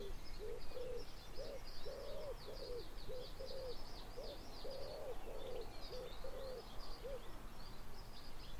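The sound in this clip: Common wood pigeon cooing, soft low hooted phrases in short repeated groups throughout, with faint high twittering from other birds in the background.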